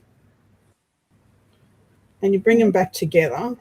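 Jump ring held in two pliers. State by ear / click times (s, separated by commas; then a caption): not seated / none. A metal jump ring is held on both sides with two pairs of pliers and lined up before its ends are pushed together. The first couple of seconds are nearly silent, then someone talks from about 2.2 s to the end. Nothing has clicked yet.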